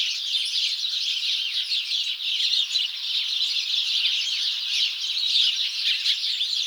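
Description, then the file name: House sparrows keep up a constant chatter of overlapping chirps, evenly loud from start to finish. "Passer domesticus"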